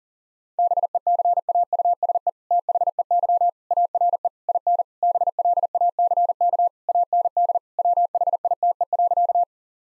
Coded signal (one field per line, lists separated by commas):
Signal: Morse code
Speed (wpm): 37 wpm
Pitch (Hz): 700 Hz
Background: none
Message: BECAUSE THEY ARE IN BLACK AND WHITE.